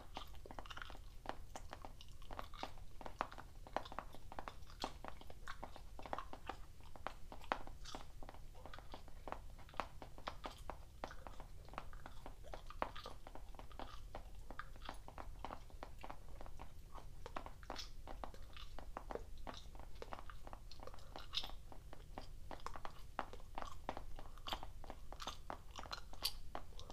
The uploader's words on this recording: ASMR Gum Chewing and Tapping.